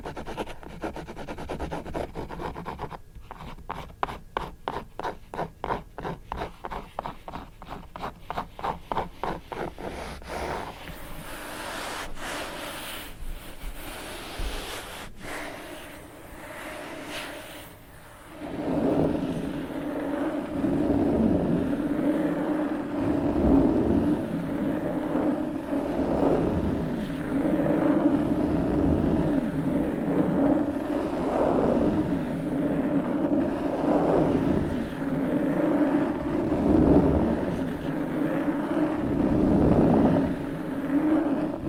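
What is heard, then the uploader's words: Book scratching begins as a fast, even run of short rasping strokes for about ten seconds, then thins to scattered scrapes and a brief lull. Around eighteen seconds it turns louder and denser, a lower, rumbling rub that pulses steadily to the end. ASMR book scratching.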